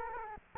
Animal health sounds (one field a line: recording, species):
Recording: mosquito wingbeat signal from an infrared sensor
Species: Culex quinquefasciatus